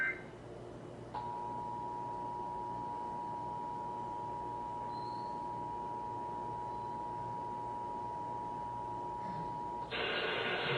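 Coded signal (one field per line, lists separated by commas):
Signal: Emergency Alert System (SAME) tones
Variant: 853 and 960 Hz attention tone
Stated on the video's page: Caribe Wave 2021 tsunami warning drill EAS test, captured off television broadcasts in Puerto Rico.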